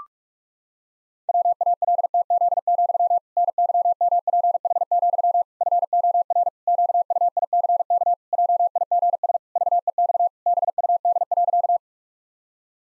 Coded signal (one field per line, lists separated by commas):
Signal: Morse code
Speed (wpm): 41 wpm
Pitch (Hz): 700 Hz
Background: none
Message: WALTZ, NYMPH, FOR QUICK JIGS VEX BUD.